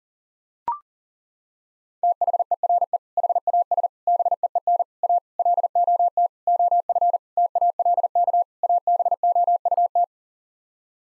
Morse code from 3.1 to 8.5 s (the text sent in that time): HAS BEEN A LOT OF TALK